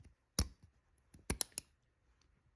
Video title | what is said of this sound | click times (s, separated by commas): How To Change Kwikset Doorknob Lock Direction | you go it's clicked in | 0.4 s